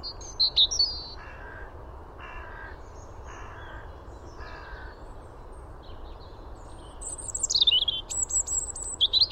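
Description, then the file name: European robin song: high wavering phrases at the start and end, with four lower, evenly spaced notes between them. "Erithacus rubecula"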